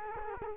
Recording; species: mosquito wingbeat signal from an infrared sensor; Culex quinquefasciatus